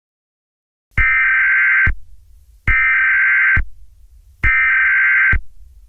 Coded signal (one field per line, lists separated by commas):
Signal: Emergency Alert System (SAME) tones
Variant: header bursts